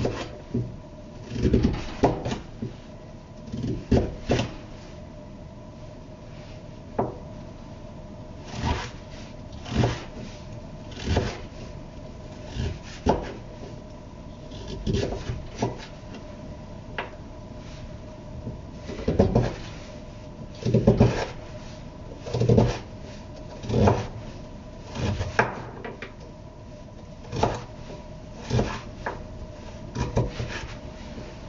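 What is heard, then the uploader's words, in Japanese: Vegetables being chopped partway through making curry, the knife landing in short sharp knocks on a board every second or two, sometimes in quick pairs. A faint steady hum runs underneath, with soft shuffling between the cuts. 野菜を切る。カレーを作っている途中で野菜を切っている音。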